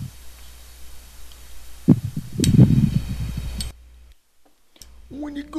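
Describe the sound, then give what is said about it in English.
Someone imitates loud, heavy breathing into a telephone: a couple of rough, muffled huffs over a low line hum, then a short silence before a voice briefly starts speaking. “No, you are breathing into the telephone.”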